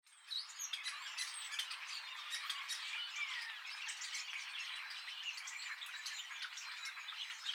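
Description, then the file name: Starling chattering as a flock, a dense, continuous wash of harsh squawks, clicks and rasping notes with no pauses throughout. Several starlings. "STARLINGS MIX"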